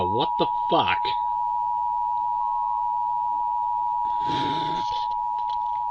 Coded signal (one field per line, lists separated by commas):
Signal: Emergency Alert System (SAME) tones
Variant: 853 and 960 Hz attention tone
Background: speech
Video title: 24 YEARS OF LIVING... EAS Tests from August 2024 (EAS #4,964 - 4,976)